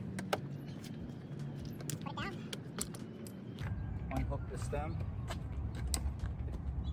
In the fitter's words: locks into place but then there's an additional lock on the front